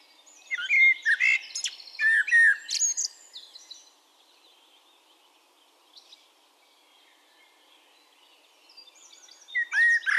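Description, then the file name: Common blackbird song: a rich warbling phrase of whistles and squeaky twitters, then a long near-silent gap before the next phrase begins. "Turdus merula"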